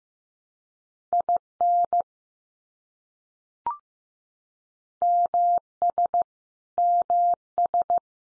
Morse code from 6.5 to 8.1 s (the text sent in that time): MS